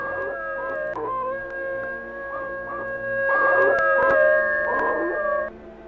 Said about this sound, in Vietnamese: Phía xa xa, chó nhà hàng xóm chu lên liên hồi như là chó sói vậy.